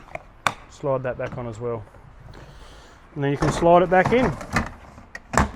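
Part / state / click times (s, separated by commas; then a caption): toilet waste cassette into its compartment in the campervan / seated / 5.4 s. Someone talks while a campervan's toilet waste cassette is slid back into its compartment, with a few sharp knocks and clatters along the way. The cassette latches home with a click at 5.4 s, seated.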